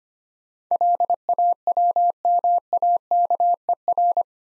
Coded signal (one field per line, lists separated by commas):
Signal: Morse code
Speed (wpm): 25 wpm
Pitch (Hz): 700 Hz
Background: none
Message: LAWMAKER